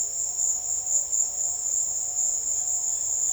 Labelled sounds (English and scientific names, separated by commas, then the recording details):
none
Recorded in secondary vegetation near Puerto Asís, Putumayo, Colombia, on 13 March 2025 at 16:00
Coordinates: 0.488, -76.319
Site G095